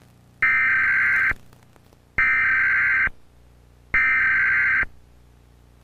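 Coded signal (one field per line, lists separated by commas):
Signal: Emergency Alert System (SAME) tones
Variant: header bursts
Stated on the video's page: National EAN test recorded from digital cable and from a TV station that botched it once and retried.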